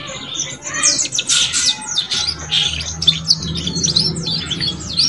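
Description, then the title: Canary song of quick downslurred chirps and harsh trills, tumbling together, with a faint low hum. Canary song used to warm up Belgian canaries and stimulate young canaries to start singing quickly and chatter. "Canto Para Esquentar Canário Belga. SUARA KENARI PAUD CUIT CUIT BELAJAR BUNYI - pancingan kenari paud muda agar cepat bunyi dan ngeriwik"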